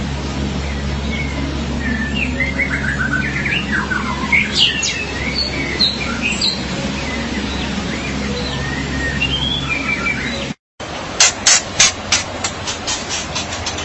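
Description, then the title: Magpie-robin or shama song of varied whistles and trills over a low hum for about ten seconds, followed by a series of loud sharp clicks. "BM Suara Burung Murai"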